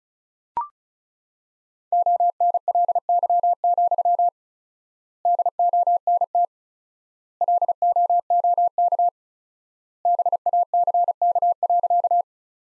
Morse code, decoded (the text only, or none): ONLY, DONT LOOK BACK.